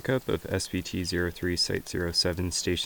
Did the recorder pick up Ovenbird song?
no